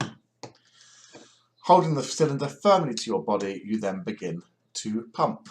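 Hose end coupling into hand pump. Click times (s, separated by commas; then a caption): 0.0 s. One end of a plastic hose is pushed onto a hand pump's connector and clicks into place with a sharp, loud hit at 0.0 s, followed by a quieter tick at about 0.4 s. Someone then talks, and the hose is seated on the pump.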